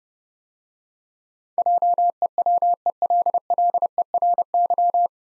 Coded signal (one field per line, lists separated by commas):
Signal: Morse code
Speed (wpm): 30 wpm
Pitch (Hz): 700 Hz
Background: none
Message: JEWELLERY